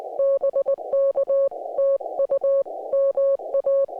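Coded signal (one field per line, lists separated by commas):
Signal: Morse code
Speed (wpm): 19 wpm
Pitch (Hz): 1100 Hz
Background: music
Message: BK TU MA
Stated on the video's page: QRP Parks on the Air activation during a G2 geomagnetic storm with poor conditions, Yaesu FT-891 and compromise Gabil 7350TC antenna.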